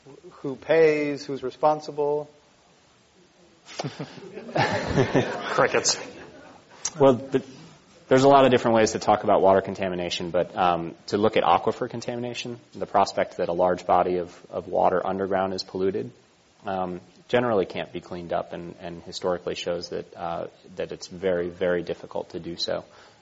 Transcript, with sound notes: Who pays? Who's responsible?
[Laughter]
Well, there's a lot of different ways to talk about water contamination but to look at aquifer contamination, the prospect that a large body of water underground is polluted, generally can't be cleaned up and historically shows that it's very, very difficult to do so.